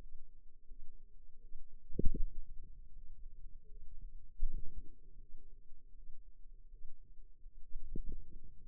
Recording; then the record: forearm muscle sounds (acoustic myography)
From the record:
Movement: ulnar deviation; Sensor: system 2, bracelet of six BSWA MPA416 microphones around the upper forearm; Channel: 2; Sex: female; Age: 23 years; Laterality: right